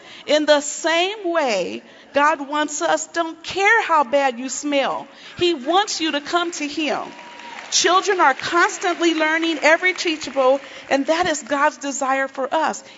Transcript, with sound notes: In the same way God doesn't care how bad you smell. He wants you to come to Him. (applause) Children are constantly learning, ever teachable, and that is God's desire for us.